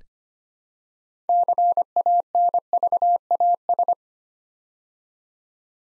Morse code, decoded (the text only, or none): CANVAS